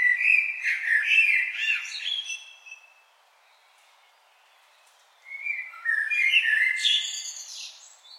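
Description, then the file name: Common blackbird singing two rich whistled phrases with scratchy high-pitched endings, a pause of over two seconds between them. "Turdus merula"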